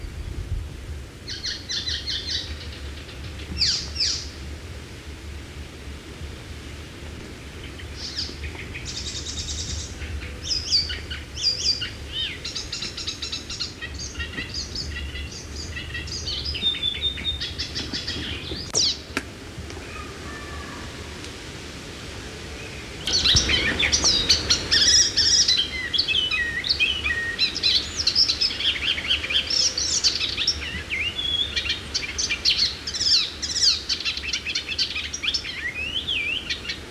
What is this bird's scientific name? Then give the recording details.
Hippolais icterina. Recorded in the wild. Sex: male. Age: adult. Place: Wreechen, Insel Rügen, Mecklenburg-Vorpommern, DE. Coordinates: 54.3308, 13.4778. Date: 1979-06-27 10:30. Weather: overcast, 16°C. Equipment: ITT Schaub-Lorenz Studio Recorder 72, Verstärker, MD 421 HL, Reflektor, Kopie Uher 4200 Report. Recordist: Tembrock, Günter